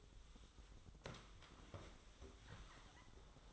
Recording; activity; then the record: daily activity, microphone in the room; sit down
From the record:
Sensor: 3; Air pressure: 1005.0 hPa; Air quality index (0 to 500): 88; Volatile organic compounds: 3 ppm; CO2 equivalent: 1352 ppm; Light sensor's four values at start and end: 9/21/9/8 and 9/21/9/8